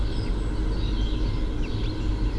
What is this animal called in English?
Common Chaffinch